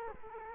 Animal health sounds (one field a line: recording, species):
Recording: mosquito wingbeat signal from an infrared sensor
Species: Culex quinquefasciatus